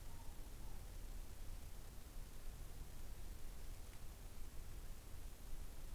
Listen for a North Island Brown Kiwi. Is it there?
no